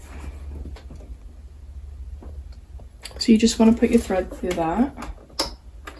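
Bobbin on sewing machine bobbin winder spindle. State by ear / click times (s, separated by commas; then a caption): seated / 5.4 s. A plastic bobbin is pushed onto the bobbin winder spindle of a Singer 4411 sewing machine, or the spindle is pushed across, until it locks; it is unclear whether the bobbin or another machine part makes the click. Someone talks over faint handling sounds, then a sharp click is heard at 5.4 s as it seats.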